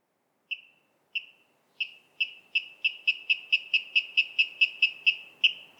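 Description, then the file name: Water rail giving sharp ringing kip notes, starting slow and spaced, then quickening into a rapid, evenly pulsed run. "Waterral Rallus aquaticus"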